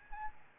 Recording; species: mosquito wingbeat signal from an infrared sensor; Aedes albopictus